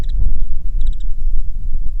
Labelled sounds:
bird
wind
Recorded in the Prudhoe Bay oil fields, Alaska, on 6 August 2019 at 05:38
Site 22

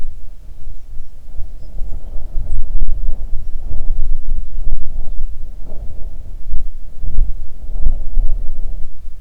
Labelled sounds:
songbird
wind
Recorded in the Arctic National Wildlife Refuge, Alaska, on 3 June 2019 at 04:30
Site 37

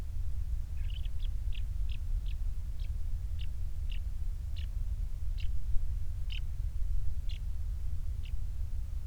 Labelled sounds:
songbird
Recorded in the Prudhoe Bay oil fields, Alaska, on 28 July 2019 at 06:14
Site 25

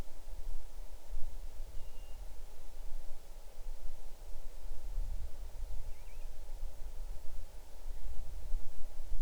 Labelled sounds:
bird
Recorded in the Arctic National Wildlife Refuge, Alaska, on 6 July 2019 at 00:40
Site 39

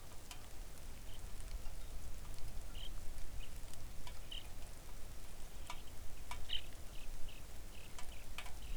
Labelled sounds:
songbird
rain
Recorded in the Arctic National Wildlife Refuge, Alaska, on 3 August 2019 at 05:58
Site 41

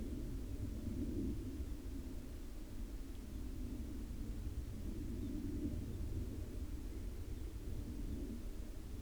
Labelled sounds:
bird
aircraft
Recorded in the Arctic National Wildlife Refuge, Alaska, on 22 July 2019 at 02:44
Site 41

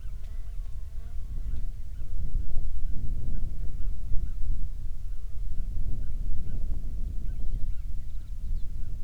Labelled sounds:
bird
wind
insects
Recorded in the Prudhoe Bay oil fields, Alaska, on 7 July 2019 at 00:01
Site 16

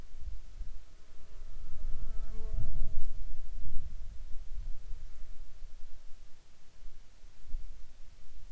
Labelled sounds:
insects
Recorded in Ivvavik National Park, Yukon, on 27 June 2019 at 15:25
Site SINP10

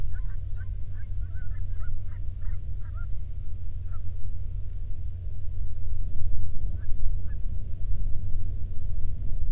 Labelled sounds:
waterfowl
man-made sound
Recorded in the Prudhoe Bay oil fields, Alaska, on 13 June 2019 at 00:10
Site 24

